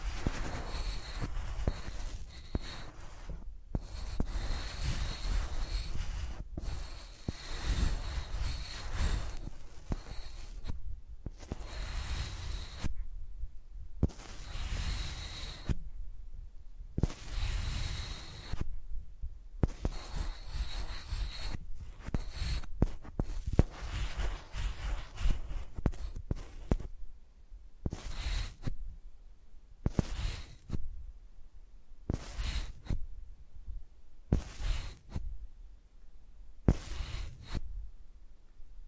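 Microphones are rubbed and scraped like pencils in repeated strokes, each burst of dry scratching lasting a second or two with short quiet gaps between. The strokes carry a thumping low rumble and a thin whine, growing shorter and more evenly spaced near the end.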